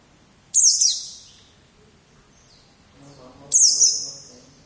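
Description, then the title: White-eye call: two brief bursts of thin, high, falling chirps about three seconds apart. "Pleci"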